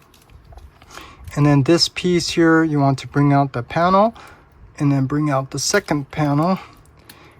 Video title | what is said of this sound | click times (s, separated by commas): Detailed Transformation - X-Transbots MX-32 Jian / Blades - Robot Mode to Alt Mode | till it snaps in place like so. | 1.0 s